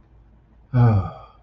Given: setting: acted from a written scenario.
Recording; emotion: vocal sound without words; serenity